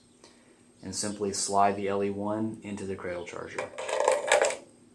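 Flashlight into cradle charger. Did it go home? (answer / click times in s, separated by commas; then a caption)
yes / 4.3 s. Someone talks while an LE1 flashlight is slid down into its cradle charger, followed by a short burst of hard clicks and knocks. The flashlight locks into place at 4.3 s and is held very securely, so the cradle charger is suitable for mobile use.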